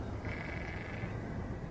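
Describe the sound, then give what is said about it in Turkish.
A sheep lets out one drawn-out, wavering bleat lasting about a second, set against a constant low rumbling background with no talking. “Koyunları sağalım da.”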